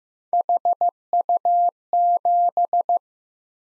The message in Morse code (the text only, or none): HU7